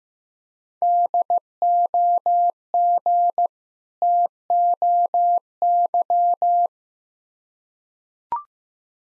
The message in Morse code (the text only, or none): DOG TOY